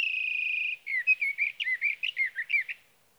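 Sage thrasher song opening with a steady, even trill, then breaking into a rapid sequence of slurred, warbling notes.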